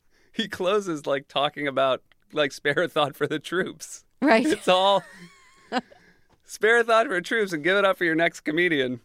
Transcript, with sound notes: He closes, like, talking about, like, spare a thought for the troops.
Right.
It's all...
(LAUGHTER)
...spare a thought for the troops, and give it up for your next comedian.